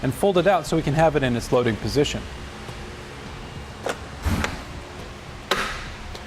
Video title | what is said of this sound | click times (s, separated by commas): etrailer - Feature Review Yakima RidgeBack Bike Rack for 4 Bikes | want to push it up until you hear a click now we can start getting it ready to load up our bikes | 5.5 s